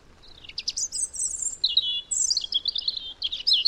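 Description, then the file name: European robin pouring out a continuous run of high silvery whistles and rapid twittering trills, with pitch sweeping up and down throughout. "Erithacus rubecula"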